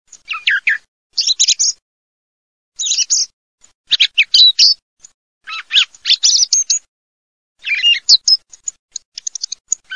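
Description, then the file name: Thrush song in separate, varied phrases of bright warbled and chirping notes, most lasting under a second, with short silent gaps between them. "TORDOS"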